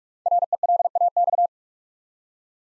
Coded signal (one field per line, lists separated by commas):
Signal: Morse code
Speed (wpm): 44 wpm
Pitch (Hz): 700 Hz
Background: none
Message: RELAX